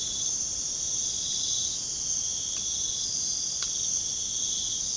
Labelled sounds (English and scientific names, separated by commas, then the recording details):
none
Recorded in pastures near Puerto Asís, Putumayo, Colombia, on 30 June 2025 at 01:30
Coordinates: 0.497, -76.327
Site G040